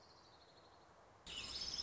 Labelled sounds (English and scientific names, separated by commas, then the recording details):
Orange-crowned Warbler (Leiothlypis celata)
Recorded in Sonoma County, California